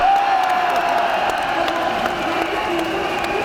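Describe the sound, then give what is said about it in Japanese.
A crowd of fans at a fan-club event in Tokyo, those who came from regions outside Tokyo, cheers and shouts in a dense, steady roar that holds for a few seconds, with higher-pitched voices poking through the wash of noise. “で、ちょっと地方から来てる人、はい、歓声を上げてみて。”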